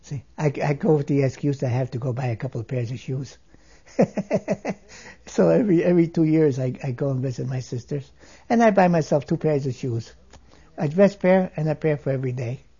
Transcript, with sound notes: I'd go with the excuse I have to go buy a couple pairs of shoes. ( he laughs ) So every two years I go and visit my sisters, and I buy myself two pairs of shoes, a dress pair, and a pair for every day.